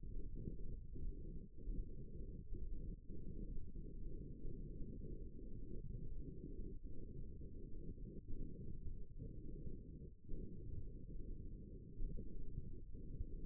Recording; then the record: forearm muscle sounds (acoustic myography)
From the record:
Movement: wrist extension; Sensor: system 1, eight BSWA MPA416 microphones around the upper forearm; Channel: 2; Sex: female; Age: 21 years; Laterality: right